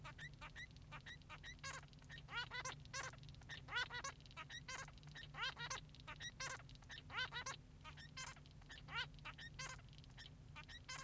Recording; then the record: song of a male Bengalese finch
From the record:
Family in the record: son of father 3